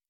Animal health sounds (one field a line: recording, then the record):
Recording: hydrophone in a shrimp aquaculture tank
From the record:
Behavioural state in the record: normal